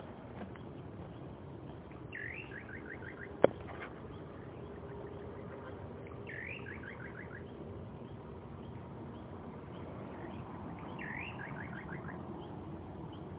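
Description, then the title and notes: Little nightjar song: a quick rising slurred note followed by a rapid bubbling run of five or six short notes, repeated three times about every four and a half seconds over low background noise. Song; identified by Daniela Acosta in Luján. "Canto de un Atajacaminos chico (Caprimulgus parvulus) Identificado por Daniela Acosta en Luján"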